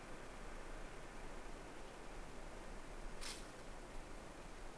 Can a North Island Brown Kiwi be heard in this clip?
no